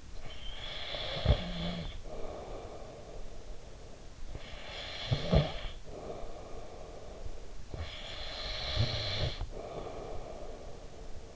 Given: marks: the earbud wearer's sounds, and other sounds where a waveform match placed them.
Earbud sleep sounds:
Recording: sounds in sleep by an in-ear microphone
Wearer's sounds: breath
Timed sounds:
0.00-11.36 s: breath

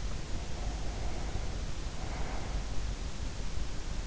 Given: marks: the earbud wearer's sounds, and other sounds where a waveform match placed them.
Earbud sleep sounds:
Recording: sounds in sleep by an in-ear microphone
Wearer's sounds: breath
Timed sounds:
0.17-3.00 s: breath

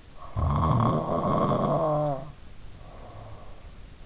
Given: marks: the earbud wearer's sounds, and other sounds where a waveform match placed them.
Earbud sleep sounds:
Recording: sounds in sleep by an in-ear microphone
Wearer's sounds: snoring breath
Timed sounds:
0.11-3.76 s: snoring breath

